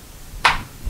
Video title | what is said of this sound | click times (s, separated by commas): How To Check The Oil / Antifreeze / Washer & Brake Fluid | push it down until it locks in place and it's all the way down | 0.5 s